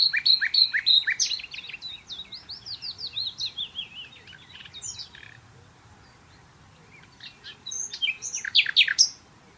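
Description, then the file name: Common nightingale singing varied phrases: sharp notes, rippling sliding trills, a short pause, then another loud burst of clipped, rapid notes. "Luscinia megarhynchos"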